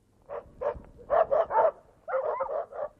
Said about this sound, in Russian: Гляди, Илья, собаки! Ух ты! Ты дюжины две, не меньше. А чего это они сбежались? Окружили дворняжку.